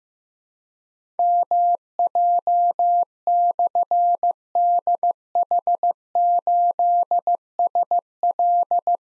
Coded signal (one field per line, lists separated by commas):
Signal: Morse code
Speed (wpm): 15 wpm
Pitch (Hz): 700 Hz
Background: none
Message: MJ/DH8SL